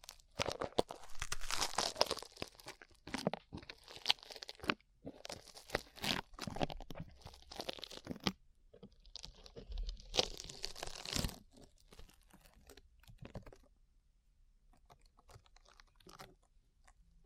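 Sticky slime being squished and pulled, with dense bursts of wet crackling, crunching and tearing sounds in the first eleven seconds, some pauses between. After about twelve seconds the activity thins to sparse small clicks and pops over near silence.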